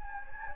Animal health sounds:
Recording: mosquito wingbeat signal from an infrared sensor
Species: Anopheles gambiae

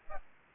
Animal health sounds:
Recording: mosquito wingbeat signal from an infrared sensor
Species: Aedes aegypti

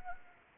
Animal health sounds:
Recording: mosquito wingbeat signal from an infrared sensor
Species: Anopheles gambiae

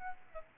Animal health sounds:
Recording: mosquito wingbeat signal from an infrared sensor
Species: Aedes albopictus

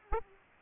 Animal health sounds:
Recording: mosquito wingbeat signal from an infrared sensor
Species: Aedes aegypti

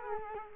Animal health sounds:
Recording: mosquito wingbeat signal from an infrared sensor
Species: Culex quinquefasciatus

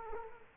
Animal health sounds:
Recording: mosquito wingbeat signal from an infrared sensor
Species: Culex quinquefasciatus

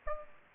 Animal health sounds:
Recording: mosquito wingbeat signal from an infrared sensor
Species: Aedes aegypti

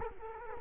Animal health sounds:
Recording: mosquito wingbeat signal from an infrared sensor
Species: Culex quinquefasciatus

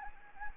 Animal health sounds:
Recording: mosquito wingbeat signal from an infrared sensor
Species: Anopheles gambiae

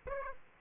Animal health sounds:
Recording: mosquito wingbeat signal from an infrared sensor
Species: Aedes aegypti

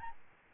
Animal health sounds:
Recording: mosquito wingbeat signal from an infrared sensor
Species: Aedes albopictus

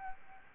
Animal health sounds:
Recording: mosquito wingbeat signal from an infrared sensor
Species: Aedes albopictus

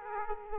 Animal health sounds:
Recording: mosquito wingbeat signal from an infrared sensor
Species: Aedes aegypti

